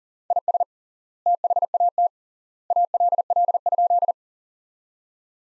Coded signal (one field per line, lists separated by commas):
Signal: Morse code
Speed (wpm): 40 wpm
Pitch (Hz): 700 Hz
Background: none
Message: IS THAT ALL?